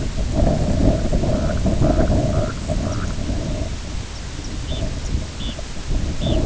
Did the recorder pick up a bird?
yes